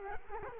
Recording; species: mosquito wingbeat signal from an infrared sensor; Culex quinquefasciatus